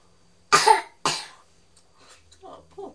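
A child gives two short, funny-sounding coughs, followed by faint, quieter sounds.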